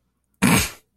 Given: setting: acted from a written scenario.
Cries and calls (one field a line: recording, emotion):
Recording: vocal sound without words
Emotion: contempt